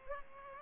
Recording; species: mosquito wingbeat signal from an infrared sensor; Culex pipiens